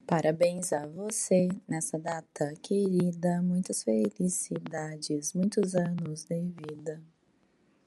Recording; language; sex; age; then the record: short text; Brazilian Portuguese; female; 30 to 39 years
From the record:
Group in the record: control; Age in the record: 36 years